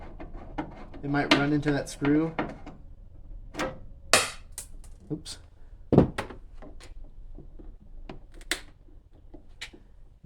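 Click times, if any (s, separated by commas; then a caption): none. Someone talks while pressing a backup camera mount trim piece into its opening in the trunk lid garnish during a backup camera install on a 2006–2008 Acura TSX or Honda Accord, with scattered sharp knocks and taps, the loudest near 4.1 s and 8.5 s. The trim piece has not popped into place yet.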